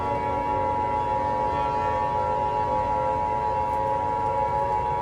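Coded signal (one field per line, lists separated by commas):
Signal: Emergency Alert System (SAME) tones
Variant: 853 and 960 Hz attention tone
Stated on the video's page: Remastered EAS mock, not a real alert.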